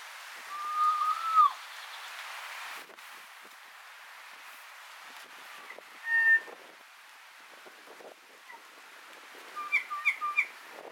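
Kōkako song: a mellow whistle at the start, a single clear note midway, then a quick cluster of short whistled notes, with bursts of wind.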